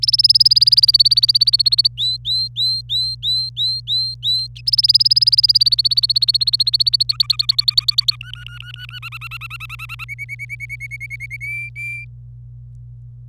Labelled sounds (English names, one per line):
Domestic Canary song